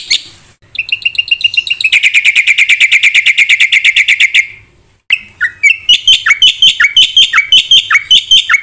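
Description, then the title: Black-winged myna singing a long fast rattle of repeated notes, a pause, then a rhythmic string of whistled, dropping squeaky notes. Vigorous song full of fast filler phrases, a recording meant for luring and for training captive birds to copy. "Burung Jalak Putih Gacor Full Isian Cepat"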